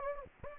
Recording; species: mosquito wingbeat signal from an infrared sensor; Anopheles gambiae